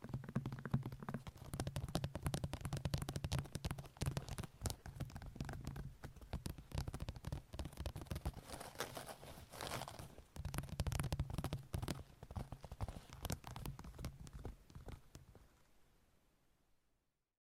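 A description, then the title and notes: Long nails scratch and tap in a dense, fast stream of crisp clicks and scrapes with a low rubbing undertone. The pace is busy and uneven, thinning briefly around ten seconds, then continuing before fading out in the last two seconds. ASMR Sleep Triggers - Brain Melting Scratching , Tapping , Massage Long Nails No Talking.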